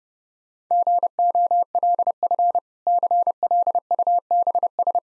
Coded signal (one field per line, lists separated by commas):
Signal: Morse code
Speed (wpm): 32 wpm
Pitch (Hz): 700 Hz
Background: none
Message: GOLF CLUBS